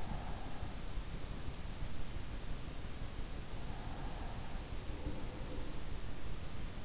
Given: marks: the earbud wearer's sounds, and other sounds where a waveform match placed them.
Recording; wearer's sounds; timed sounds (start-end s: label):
sounds in sleep by an in-ear microphone; breath
0.00-0.96 s: breath
4.22-6.17 s: breath